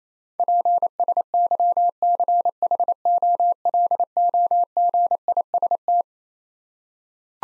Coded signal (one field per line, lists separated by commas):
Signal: Morse code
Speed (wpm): 28 wpm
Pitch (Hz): 700 Hz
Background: none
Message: PSYCHOLOGIST